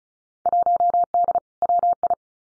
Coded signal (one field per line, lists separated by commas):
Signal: Morse code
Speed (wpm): 34 wpm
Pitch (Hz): 700 Hz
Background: none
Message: 1D WI